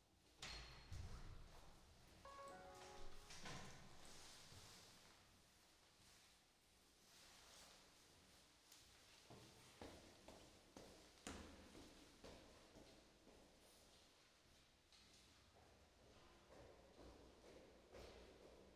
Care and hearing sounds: everyday scene through a hearing-aid microphone; reverberant space; background noise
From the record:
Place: staircase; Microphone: in the ear canal, right

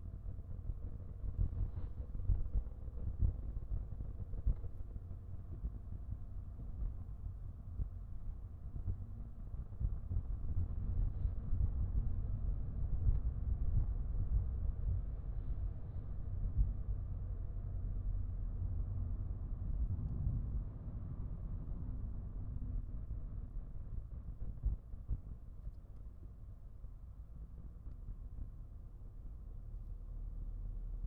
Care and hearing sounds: everyday scene through a hearing-aid microphone; in a vehicle; engine, highway driving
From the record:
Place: Skoda Fabia, gasoline engine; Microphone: behind the ear, right, rear

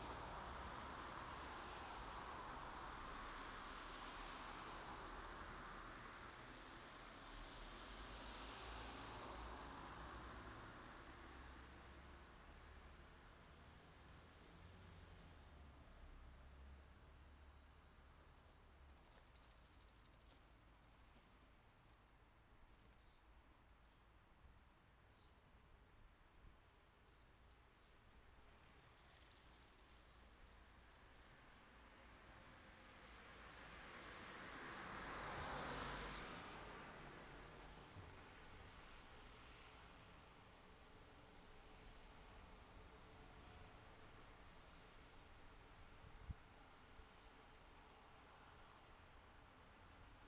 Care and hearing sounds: everyday scene through a hearing-aid microphone; in traffic; traffic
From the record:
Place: city secondary road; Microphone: in the ear canal, left

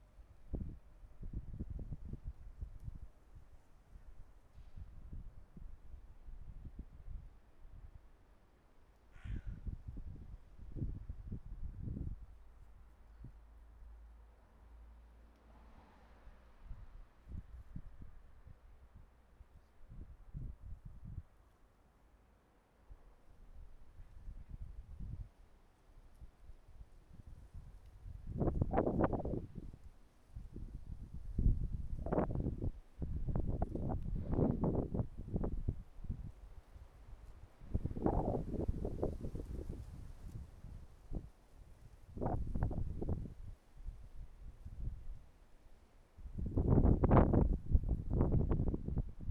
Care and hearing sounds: everyday scene through a hearing-aid microphone; wind on the microphone; wind, traffic, birds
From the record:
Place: suburban garden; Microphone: behind the ear, right, rear

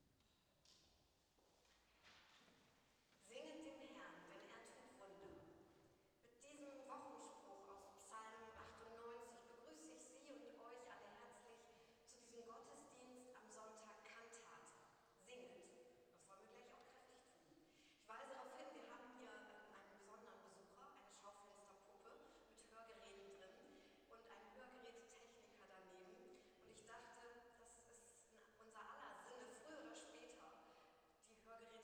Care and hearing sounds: everyday scene through a hearing-aid microphone; reverberant space; speech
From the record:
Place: church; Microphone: in the ear canal, left

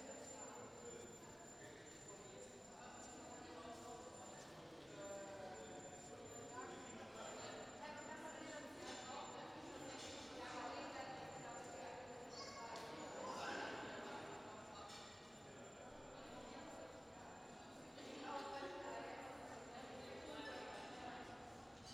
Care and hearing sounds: everyday scene through a hearing-aid microphone; reverberant space; background noise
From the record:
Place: railway station hall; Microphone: in the ear canal, right

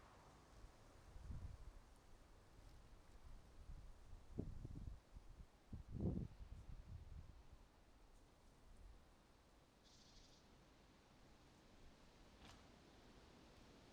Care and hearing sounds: everyday scene through a hearing-aid microphone; wind on the microphone; wind, traffic, birds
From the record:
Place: suburban garden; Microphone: in the ear canal, right

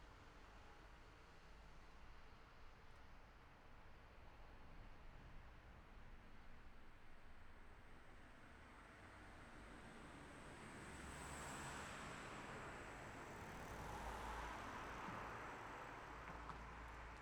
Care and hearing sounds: everyday scene through a hearing-aid microphone; in traffic; traffic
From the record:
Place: city secondary road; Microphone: behind the ear, left, front

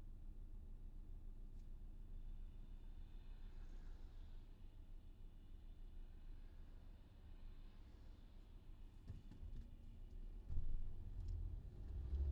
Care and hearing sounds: everyday scene through a hearing-aid microphone; in a vehicle; engine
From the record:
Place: VW T5 Caravelle, diesel engine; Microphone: in the ear canal, left

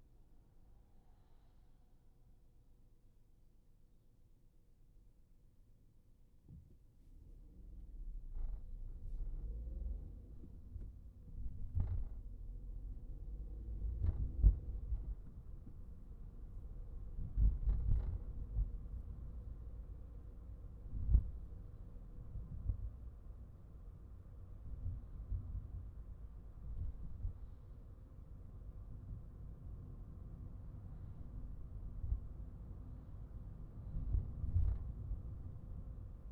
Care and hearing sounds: everyday scene through a hearing-aid microphone; in a vehicle; engine, highway traffic jam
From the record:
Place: Skoda Fabia, gasoline engine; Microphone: behind the ear, right, front

